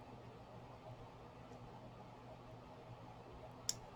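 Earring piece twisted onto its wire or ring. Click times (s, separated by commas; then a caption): 3.7 s. A wire is threaded through two holes in an earring piece, and the piece is twisted onto its wire until it snaps twice. Against a low, steady background, one sharp, brief snap comes at 3.7 s. This is the first of the two snaps, so the piece is not yet fully home.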